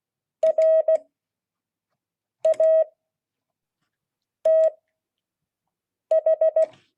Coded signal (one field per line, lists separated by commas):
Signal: Morse code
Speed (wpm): 16 wpm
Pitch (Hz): 640 Hz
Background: none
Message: R A T H